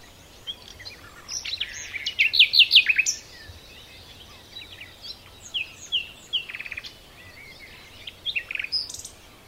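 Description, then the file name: Common nightingale song: a loud phrase of quick repeated notes early on, followed by quieter, spaced bursts of chirps and trills. "Luscinia megarhynchos"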